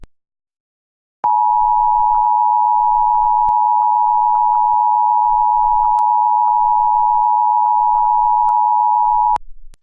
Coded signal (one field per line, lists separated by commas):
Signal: Emergency Alert System (SAME) tones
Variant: 853 and 960 Hz attention tone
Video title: EAS Scenario: Halloween Disasters (Late Halloween 2019 Special)